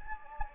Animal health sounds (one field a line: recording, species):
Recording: mosquito wingbeat signal from an infrared sensor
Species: Anopheles gambiae